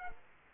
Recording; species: mosquito wingbeat signal from an infrared sensor; Culex quinquefasciatus